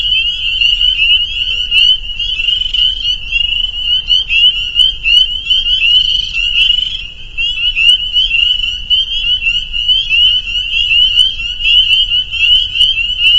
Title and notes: Peepers. a soundscape recorded at the peeper pond on our friends' property in northern Vermont